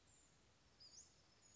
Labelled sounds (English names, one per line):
Western Flycatcher